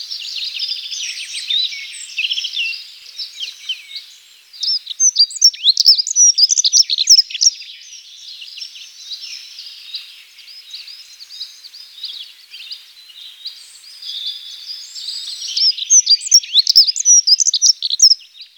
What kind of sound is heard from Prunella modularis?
song